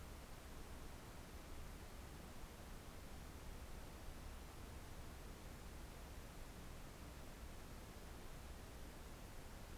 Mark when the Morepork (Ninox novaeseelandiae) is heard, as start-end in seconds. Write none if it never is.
none